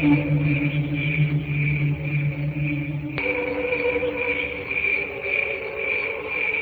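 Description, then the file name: Cricket song of rapid, regular high chirps, nearly two per second; a deep steady hum stops abruptly after about three seconds with a soft click, leaving faint lower tones. "canto grilli"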